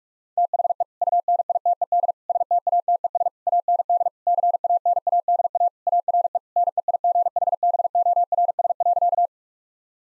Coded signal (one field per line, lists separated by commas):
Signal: Morse code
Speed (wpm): 46 wpm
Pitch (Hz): 700 Hz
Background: none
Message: THE UNITED STATES AND CANADA ARE NEIGHBORS.